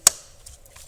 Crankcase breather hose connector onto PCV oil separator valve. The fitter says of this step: and it'll snap into place there.